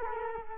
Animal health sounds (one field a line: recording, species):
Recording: mosquito wingbeat signal from an infrared sensor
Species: Culex quinquefasciatus